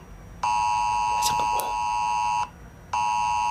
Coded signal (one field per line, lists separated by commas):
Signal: Emergency Alert System (SAME) tones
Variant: 853 and 960 Hz attention tone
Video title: Eas scenario 1: 2025 asteroid disaster (Eas재난 1: 2025 소행성재난)